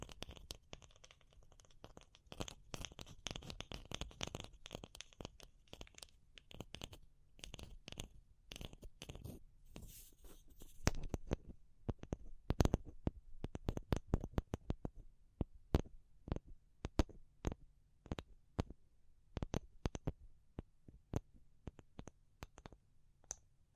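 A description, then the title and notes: Fingertip tapping in quick, sharp clicks, each one a crisp vertical snap with a bright edge. The first half is dense and rapid, with clusters of fast taps; after about 15 seconds the taps thin out and land in a slower, more spaced rhythm over a low, quiet hum. ASMR Pure Tapping Fast and Slow (No Talking).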